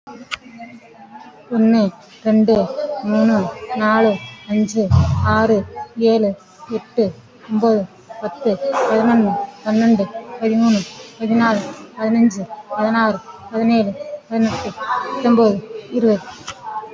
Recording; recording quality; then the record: counting at a fast pace; excellent, no background noise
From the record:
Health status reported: respiratory illness, not identified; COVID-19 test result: negative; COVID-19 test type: RT-PCR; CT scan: taken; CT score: 0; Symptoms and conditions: breathing difficulty, asthma, another condition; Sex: female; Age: 41 years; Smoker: no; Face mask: worn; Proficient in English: no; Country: India